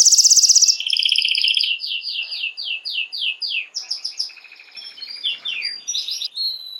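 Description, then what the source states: Canary song opening with a very fast high trill, then a run of descending slurred notes and shifting rapid rolls at varied pitches. Belgian mosaic canary.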